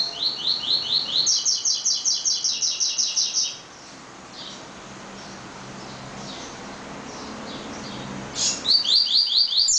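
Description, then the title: Double-collared seedeater singing rapid high repeated notes for about three and a half seconds, going quiet for several seconds, then starting another quick burst of sharp slurred notes. "Canto Coleiro"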